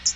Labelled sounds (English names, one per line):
Hooded Warbler flight call